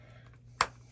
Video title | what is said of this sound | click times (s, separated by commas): Mcfarlane Flashpoint Paradox BAF Wave CYBORG | okay you guys heard the snap so we've got the other peg in there | 0.6 s